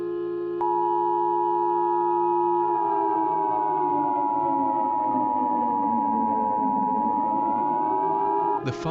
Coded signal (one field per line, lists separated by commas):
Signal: Emergency Alert System (SAME) tones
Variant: 853 and 960 Hz attention tone